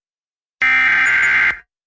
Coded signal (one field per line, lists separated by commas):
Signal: Emergency Alert System (SAME) tones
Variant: header bursts